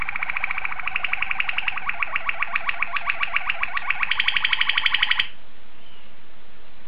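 Domestic canary song as a fast trill of repeated notes, shifting into a brighter, quicker section before stopping abruptly.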